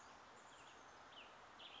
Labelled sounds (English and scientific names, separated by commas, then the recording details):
Chestnut-backed Chickadee (Poecile rufescens)
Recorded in Sonoma County, California